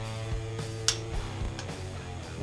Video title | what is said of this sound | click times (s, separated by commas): Hummer H3 Spark Plug Replacement | you hear the click you're good to go | 0.9 s